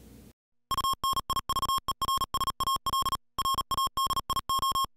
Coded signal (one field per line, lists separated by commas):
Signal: Morse code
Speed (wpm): 37 wpm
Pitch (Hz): 1080 Hz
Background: music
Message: UNIVERSAL RADIO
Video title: Universal-Radio presents the Icom IC 2300H 2meter Mobile Amateur Transceiver